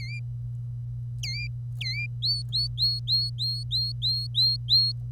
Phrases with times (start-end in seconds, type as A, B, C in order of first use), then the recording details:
1.23-1.47 A, 1.81-2.06 A, 2.22-4.92 B. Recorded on 25 April 2018 at 08:39. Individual llb3